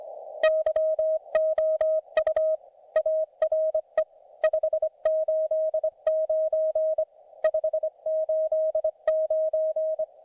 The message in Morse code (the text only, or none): YOU ARE 589 589